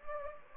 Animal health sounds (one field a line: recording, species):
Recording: mosquito wingbeat signal from an infrared sensor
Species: Anopheles gambiae